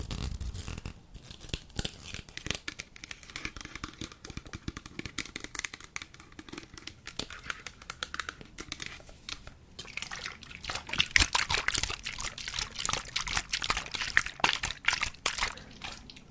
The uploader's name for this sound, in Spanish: Un Poco de Agua